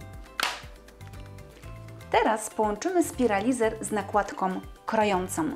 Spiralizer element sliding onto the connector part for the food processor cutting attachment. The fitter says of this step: We are also waiting for the click.